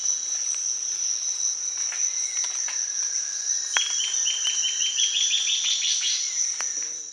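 Bird calling in a quick series of short notes that climb steadily in pitch, over a constant high insect buzz with scattered clicks.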